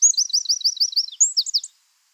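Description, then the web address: Eurasian wren delivering a short, rapid series of high, slurred trill notes followed by a few sharper chips. "SETE Troglodytes troglodytes"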